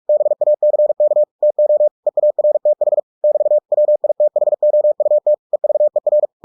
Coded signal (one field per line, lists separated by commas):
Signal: Morse code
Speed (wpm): 46 wpm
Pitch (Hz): 600 Hz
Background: none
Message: BACK TO EARTH <BT> WITHOUT EVER